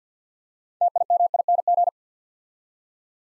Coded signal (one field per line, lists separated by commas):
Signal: Morse code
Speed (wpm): 50 wpm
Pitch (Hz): 700 Hz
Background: none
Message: TIMING